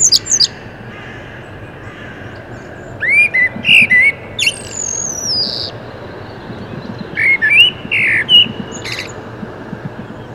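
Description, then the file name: Common blackbird song: fairly soft phrases of sliding whistles with a long, thin descending squeak, repeated after a few seconds' pause. "Turdus merula"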